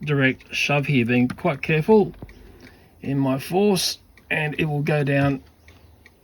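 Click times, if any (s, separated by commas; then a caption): 6.1 s. A plastic brush bar component is shoved down into a Dyson V6 Animal stick-vacuum motorhead housing with long-nose pliers while someone talks. A small, sharp click at 6.1 s marks the part snapping back into its seat.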